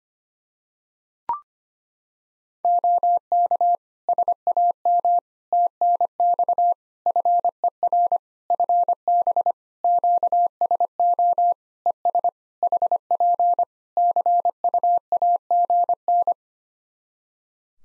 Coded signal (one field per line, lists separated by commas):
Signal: Morse code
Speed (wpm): 25 wpm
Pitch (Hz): 700 Hz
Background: none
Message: OK SAM TNX FER FB QSO ES HP CUAGN